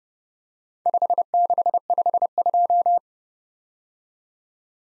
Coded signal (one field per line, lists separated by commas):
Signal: Morse code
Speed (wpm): 28 wpm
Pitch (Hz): 700 Hz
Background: none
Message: 5652